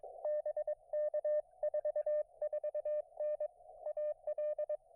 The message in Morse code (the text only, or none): BK 44N AL